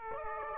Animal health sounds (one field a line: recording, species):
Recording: mosquito wingbeat signal from an infrared sensor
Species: Aedes aegypti